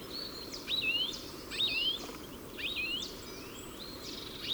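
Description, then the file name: European goldfinch calling: bright, liquid twittering notes that swoop up and down in quick clusters, over a steady hiss of background noise. "Carduelis carduelis"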